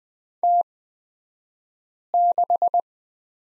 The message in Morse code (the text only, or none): T6